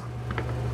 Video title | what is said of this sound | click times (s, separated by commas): Monarch 10ee lathe Module control diode replacement | it it snapped right in there so what you got to do | 0.3 s, 0.4 s